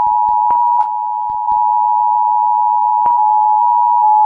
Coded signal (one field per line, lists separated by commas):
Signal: Emergency Alert System (SAME) tones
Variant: 853 and 960 Hz attention tone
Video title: rating eas alarm real and fake